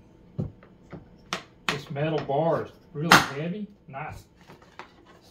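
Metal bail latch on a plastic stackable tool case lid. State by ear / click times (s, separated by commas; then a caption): seated / 4.8 s. A heavy metal bail latch on the lid of a polypropylene stackable tool case is closed and snaps shut into place with a sturdy click at 4.8 s. Before that, there are several lighter knocks and taps, and someone talks.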